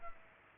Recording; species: mosquito wingbeat signal from an infrared sensor; Culex pipiens